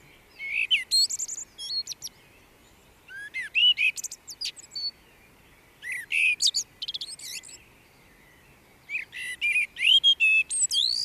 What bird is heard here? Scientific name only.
Turdus merula